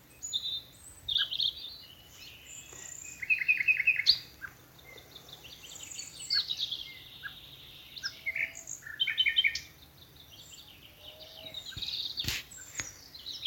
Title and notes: Sound Escape 11: the glorious song of nightingales from a Dorset wood. BBC Countryfile Magazine. it's evening at Alners Gorse, a nature reserve in Dorset run by Butterfly Conservation. As the dew falls, the extraordinary song of nightingales rises from the thickets. Recorded by Martin Maudsley